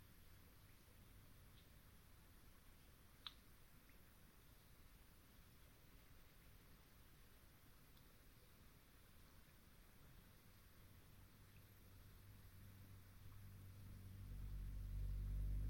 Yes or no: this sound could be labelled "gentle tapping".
no